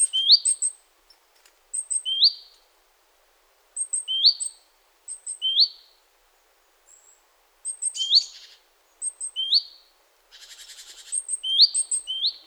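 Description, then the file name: Great tit calls: high thin notes followed by a rising buzzy sweep, the phrase repeated several times, with a brief rasping burst near the end. "Parus major"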